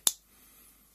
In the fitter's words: this sort of the watch face away and you'll hear it click OK